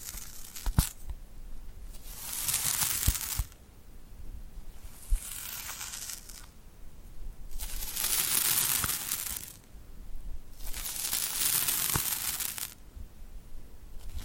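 Glued hands are slowly pulled apart and pressed together, giving sticky, crackling peeling sounds in four long bursts, each lasting one to two seconds, with quieter pauses between. Sharp little taps and clicks pop out now and then, especially near the start and middle.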